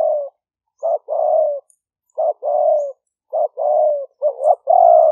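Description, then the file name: Spotted dove cooing in quick succession, each phrase a brief note then a long drawn coo, repeated roughly every second. "5 hậu" call type. "tieng-cu-gay-5-hau"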